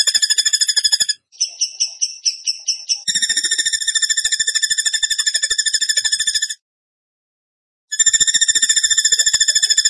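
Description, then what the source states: Bird song alternating between a rapid high trill and a choppy series of separate notes. Long trills follow, with a brief pause before the trill resumes. Masteran training recording in the tembakan gacor style.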